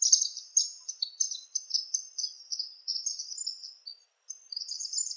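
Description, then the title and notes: Palm tanager chatter: rapid, busy high-pitched squeaky notes in a near-continuous run with one short gap. "Sanhaçu-do-coqueiro (Tangara palmarum). Sanhaçu-do-coqueiro Palm Tanager ( Tangara palmarum )"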